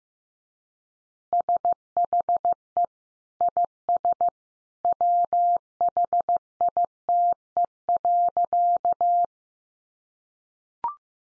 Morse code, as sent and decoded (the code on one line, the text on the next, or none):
... .... . / .. ... / .-- .... .. - . .-.-.-
SHE IS WHITE.